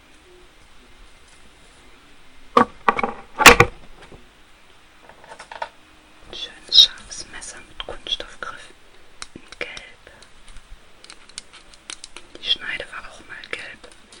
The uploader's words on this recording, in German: ASMR Geschirrspülmaschine Ausräumen. Natürlich mit Geschirr- und Besteckgeklapper sowie verschiedenen Tappingsounds.